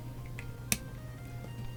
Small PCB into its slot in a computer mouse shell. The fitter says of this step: Just like that. Push it down till it clicks.